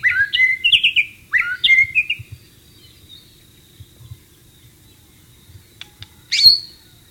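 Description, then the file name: White-rumped shama song: two quick sets of rising whistled notes in the first two seconds, a quiet stretch, then one sharp, loud high note near the end. Wild bird, recorded in the wild. "suara burung murai batu di alam liar"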